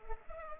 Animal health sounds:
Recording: mosquito wingbeat signal from an infrared sensor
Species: Culex pipiens

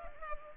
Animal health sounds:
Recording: mosquito wingbeat signal from an infrared sensor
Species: Culex pipiens

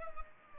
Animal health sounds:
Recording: mosquito wingbeat signal from an infrared sensor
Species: Culex pipiens

